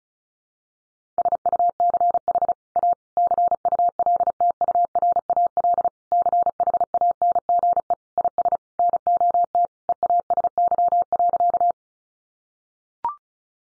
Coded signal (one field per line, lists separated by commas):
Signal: Morse code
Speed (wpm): 34 wpm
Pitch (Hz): 700 Hz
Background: none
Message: SUCH A CULTURAL CHANGE IS NOT EASY.